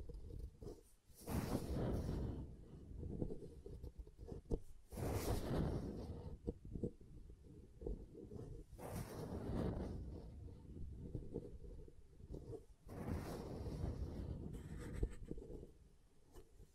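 Soap being tapped and carved gives a dense, low scraping rumble that runs almost without break. Four brighter, hissy swells rise near 1, 5, 9 and 14 seconds, each lasting a second or two, with short pauses and small clicks between them.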